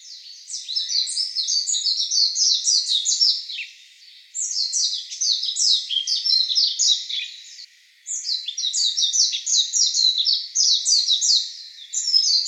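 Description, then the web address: Japanese white-eye singing a long, rapid, high twittering warble of jumbled chirps, delivered in phrases of several seconds with short pauses between. "birdenaga mejiro"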